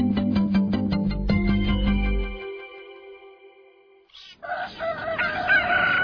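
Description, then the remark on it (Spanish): A rhythmic musical jingle with pulsing beats fades into a held tone, then a rooster lets out a loud, raspy crow that carries to the end, on the early-morning radio program Viva lo nuestro. “Oye, Manuel, ¿qué no escuchas el gallo?”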